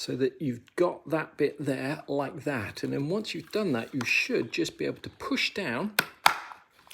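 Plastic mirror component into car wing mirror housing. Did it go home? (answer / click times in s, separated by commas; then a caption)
yes / 6.3 s. Someone talks while lining up a plastic component on a Mercedes SL55 R230 wing mirror during a wing mirror motor replacement, then pushes it down onto the mirror housing. A sharp, loud click is heard at 6.3 s as the part seats into place.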